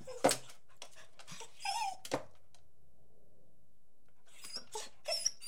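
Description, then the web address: Beagle whimpering with short yelps mixed with dull thuds and scuffling, a quiet gap, then more high whines. Beagle barking, whining and jumping. "The BBC Sound Effects Library. Beagle barking, whining, and jumping"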